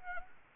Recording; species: mosquito wingbeat signal from an infrared sensor; Anopheles arabiensis